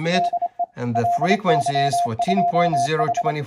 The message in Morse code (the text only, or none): DE LY2H